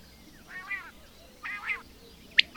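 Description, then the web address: Bird calls: two drawn-out nasal, buzzy notes followed by two brief high chirps. "madarak enek"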